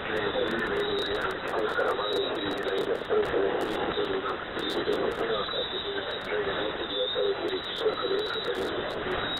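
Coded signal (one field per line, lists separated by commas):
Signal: coded military voice message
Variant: The Pip, Russian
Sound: a voice reading a message through heavy shortwave static and fading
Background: radio static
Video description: "The Pip" is a Russian military radiostation that broadcasts on 5448 kHz at daytie and 3756 kHz at nighttime.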